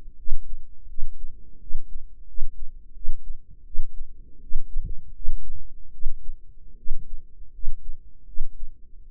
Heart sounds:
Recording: heart sounds by microphone in the right ear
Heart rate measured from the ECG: 81 bpm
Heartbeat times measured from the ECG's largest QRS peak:
0.15 s: heartbeat
0.86 s: heartbeat
1.58 s: heartbeat
2.25 s: heartbeat
2.92 s: heartbeat
3.63 s: heartbeat
4.39 s: heartbeat
5.12 s: heartbeat
5.90 s: heartbeat
6.75 s: heartbeat
7.50 s: heartbeat
8.24 s: heartbeat
9.03 s: heartbeat
From the record:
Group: healthy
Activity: rest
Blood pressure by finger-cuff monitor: 123/79 mmHg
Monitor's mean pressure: 95 mmHg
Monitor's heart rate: 83 bpm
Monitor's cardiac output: 7.4 L/min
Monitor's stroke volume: 87 mL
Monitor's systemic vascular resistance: 950 dyn s/cm5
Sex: female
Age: 23 years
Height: 160 cm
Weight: 50.4 kg

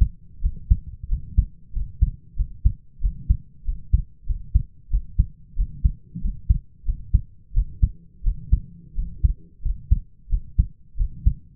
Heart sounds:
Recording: heart sounds by stethoscope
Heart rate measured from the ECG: 91 bpm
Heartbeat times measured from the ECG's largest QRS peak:
0.41 s: heartbeat
1.08 s: heartbeat
1.72 s: heartbeat
2.36 s: heartbeat
3.00 s: heartbeat
3.64 s: heartbeat
4.26 s: heartbeat
4.90 s: heartbeat
5.55 s: heartbeat
6.21 s: heartbeat
6.85 s: heartbeat
7.53 s: heartbeat
8.23 s: heartbeat
8.95 s: heartbeat
9.62 s: heartbeat
10.29 s: heartbeat
10.97 s: heartbeat
From the record:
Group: healthy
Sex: male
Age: 22 years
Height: 181 cm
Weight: 60 kg

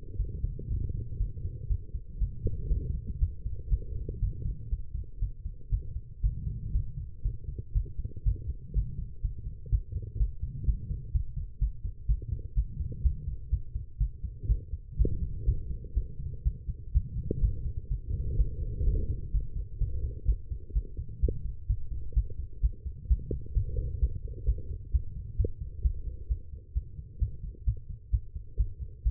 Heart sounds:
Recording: heart sounds by stethoscope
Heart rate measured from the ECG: 125 bpm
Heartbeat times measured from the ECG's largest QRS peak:
0.17 s: heartbeat
0.69 s: heartbeat
1.18 s: heartbeat
1.68 s: heartbeat
2.19 s: heartbeat
2.69 s: heartbeat
3.19 s: heartbeat
3.70 s: heartbeat
4.20 s: heartbeat
4.70 s: heartbeat
5.20 s: heartbeat
5.70 s: heartbeat
6.22 s: heartbeat
6.73 s: heartbeat
7.23 s: heartbeat
7.73 s: heartbeat
8.24 s: heartbeat
8.74 s: heartbeat
9.22 s: heartbeat
9.70 s: heartbeat
10.18 s: heartbeat
10.66 s: heartbeat
11.12 s: heartbeat
11.59 s: heartbeat
12.07 s: heartbeat
12.55 s: heartbeat
13.03 s: heartbeat
13.50 s: heartbeat
13.98 s: heartbeat
14.47 s: heartbeat
14.97 s: heartbeat
15.45 s: heartbeat
15.94 s: heartbeat
16.43 s: heartbeat
16.92 s: heartbeat
17.41 s: heartbeat
17.89 s: heartbeat
18.37 s: heartbeat
18.85 s: heartbeat
19.32 s: heartbeat
19.79 s: heartbeat
20.26 s: heartbeat
20.73 s: heartbeat
21.20 s: heartbeat
21.67 s: heartbeat
22.14 s: heartbeat
22.61 s: heartbeat
23.08 s: heartbeat
23.54 s: heartbeat
24.00 s: heartbeat
24.45 s: heartbeat
24.91 s: heartbeat
25.37 s: heartbeat
25.82 s: heartbeat
26.27 s: heartbeat
26.73 s: heartbeat
27.19 s: heartbeat
27.65 s: heartbeat
28.10 s: heartbeat
28.57 s: heartbeat
29.03 s: heartbeat
From the record:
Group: healthy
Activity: rest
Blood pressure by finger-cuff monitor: 115/84 mmHg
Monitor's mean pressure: 93 mmHg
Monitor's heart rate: 122 bpm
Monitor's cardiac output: 8.3 L/min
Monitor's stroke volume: 69 mL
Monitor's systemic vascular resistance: 760 dyn s/cm5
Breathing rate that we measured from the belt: 29 breaths a minute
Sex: female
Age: 19 years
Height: 163 cm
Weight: 51 kg

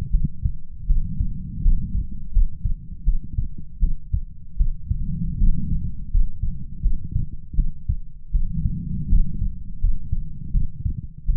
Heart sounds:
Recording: heart sounds by stethoscope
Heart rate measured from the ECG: 81 bpm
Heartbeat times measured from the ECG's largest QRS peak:
0.10 s: heartbeat
0.86 s: heartbeat
1.61 s: heartbeat
2.31 s: heartbeat
3.03 s: heartbeat
3.78 s: heartbeat
4.56 s: heartbeat
5.36 s: heartbeat
6.09 s: heartbeat
6.80 s: heartbeat
7.54 s: heartbeat
8.31 s: heartbeat
9.08 s: heartbeat
9.79 s: heartbeat
10.50 s: heartbeat
11.25 s: heartbeat
From the record:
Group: healthy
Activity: rest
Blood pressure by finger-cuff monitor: 109/63 mmHg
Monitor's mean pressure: 80 mmHg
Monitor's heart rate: 81 bpm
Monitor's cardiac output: 7.2 L/min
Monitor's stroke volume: 89 mL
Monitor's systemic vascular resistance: 810 dyn s/cm5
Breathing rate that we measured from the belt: 16 breaths a minute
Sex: female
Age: 26 years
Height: 165 cm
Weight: 55 kg

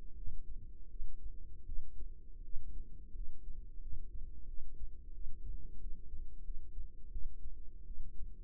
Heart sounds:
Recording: heart sounds by microphone in the right ear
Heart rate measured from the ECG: 86 bpm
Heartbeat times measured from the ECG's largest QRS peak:
0.14 s: heartbeat
0.88 s: heartbeat
1.65 s: heartbeat
2.42 s: heartbeat
3.13 s: heartbeat
3.80 s: heartbeat
4.46 s: heartbeat
5.12 s: heartbeat
5.79 s: heartbeat
6.43 s: heartbeat
7.10 s: heartbeat
7.85 s: heartbeat
From the record:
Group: healthy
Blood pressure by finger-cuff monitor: 98/58 mmHg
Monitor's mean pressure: 69 mmHg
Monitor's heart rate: 85 bpm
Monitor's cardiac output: 7 L/min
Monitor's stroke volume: 86 mL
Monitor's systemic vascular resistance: 690 dyn s/cm5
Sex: female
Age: 22 years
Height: 157 cm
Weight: 47.6 kg

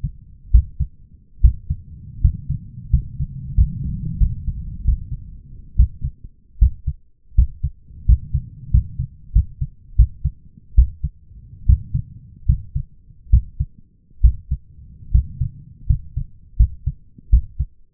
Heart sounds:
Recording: heart sounds by stethoscope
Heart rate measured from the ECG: 79 bpm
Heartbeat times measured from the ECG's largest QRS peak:
0.52 s: heartbeat
1.41 s: heartbeat
2.22 s: heartbeat
2.91 s: heartbeat
3.55 s: heartbeat
4.18 s: heartbeat
4.84 s: heartbeat
5.76 s: heartbeat
6.59 s: heartbeat
7.35 s: heartbeat
8.06 s: heartbeat
8.71 s: heartbeat
9.33 s: heartbeat
9.96 s: heartbeat
10.75 s: heartbeat
11.66 s: heartbeat
12.46 s: heartbeat
13.30 s: heartbeat
14.21 s: heartbeat
15.12 s: heartbeat
15.87 s: heartbeat
16.57 s: heartbeat
17.30 s: heartbeat
From the record:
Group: healthy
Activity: rest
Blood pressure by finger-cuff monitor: 169/111 mmHg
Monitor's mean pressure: 128 mmHg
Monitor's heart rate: 78 bpm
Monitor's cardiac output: 6.7 L/min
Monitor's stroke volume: 82 mL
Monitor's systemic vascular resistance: 1390 dyn s/cm5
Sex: male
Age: 23 years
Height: 179 cm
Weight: 87 kg

